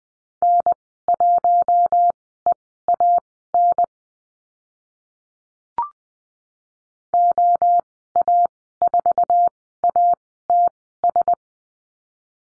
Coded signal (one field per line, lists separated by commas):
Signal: Morse code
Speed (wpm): 20 wpm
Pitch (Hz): 700 Hz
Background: none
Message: N1EAN OA4ATS